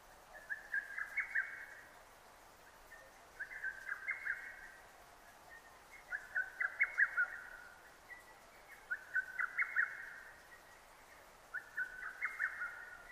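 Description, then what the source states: Lesser cuckoo song: short, rapid staccato phrases of five or six sharp notes, repeated roughly every three seconds over a soft hiss. 6 June 2009.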